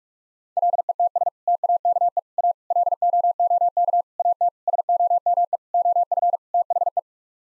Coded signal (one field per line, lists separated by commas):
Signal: Morse code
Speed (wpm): 41 wpm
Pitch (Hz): 700 Hz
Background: none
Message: LETS TAKE A LOOK AT SOME OF THE